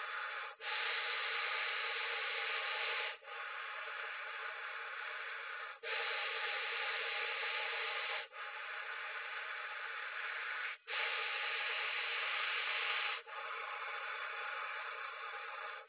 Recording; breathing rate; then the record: paced breathing near a phone; 12 breaths a minute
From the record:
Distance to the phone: 20 cm